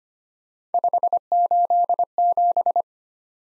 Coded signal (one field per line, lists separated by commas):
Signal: Morse code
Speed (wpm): 25 wpm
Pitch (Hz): 700 Hz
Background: none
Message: 587